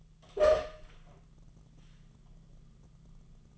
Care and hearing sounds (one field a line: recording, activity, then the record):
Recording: daily activity, microphone in the room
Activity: open door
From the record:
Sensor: 4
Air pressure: 1005.8 hPa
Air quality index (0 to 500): 85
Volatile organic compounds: 2 ppm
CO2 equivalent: 1047 ppm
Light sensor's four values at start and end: 14/31/12/11 and 13/30/12/11